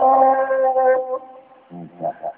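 A rooster crows once, a loud drawn-out call lasting about a second that trails off, followed by a few short, lower bursts of sound.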